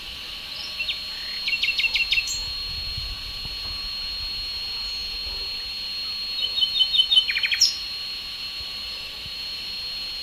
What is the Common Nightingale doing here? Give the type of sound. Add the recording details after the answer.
song. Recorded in the wild. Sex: male. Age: adult. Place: Lübars (Fließtal), Berlin, DE. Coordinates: 52.6167, 13.35. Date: 2000-05-06 11:43. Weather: sunny, ca. 20 - 22°C. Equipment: Nagra SN, Kopie Uher 4000 Report Monitor. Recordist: Tembrock, Günter